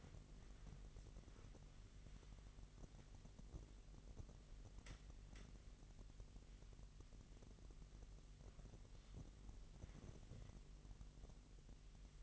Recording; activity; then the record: daily activity, microphone in the room; wipe stove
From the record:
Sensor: 4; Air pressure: 1001.7 hPa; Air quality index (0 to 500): 248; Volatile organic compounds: 41 ppm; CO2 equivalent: 3164 ppm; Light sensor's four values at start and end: 8/18/7/6 and 8/18/7/6